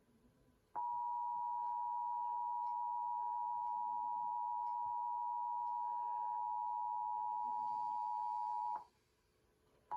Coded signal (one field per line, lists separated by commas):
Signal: Emergency Alert System (SAME) tones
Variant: 853 and 960 Hz attention tone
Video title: EAS test (10/15/20)